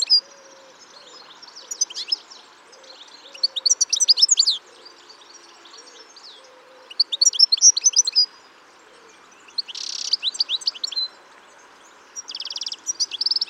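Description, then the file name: European goldfinch twittering in bursts of quick tinkling notes separated by short pauses, with harsh buzzy rattles near ten and thirteen seconds. "Carduelis carduelis"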